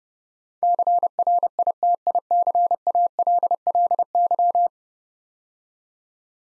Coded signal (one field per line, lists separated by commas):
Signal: Morse code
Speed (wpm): 28 wpm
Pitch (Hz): 700 Hz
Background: none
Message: CRITICALLY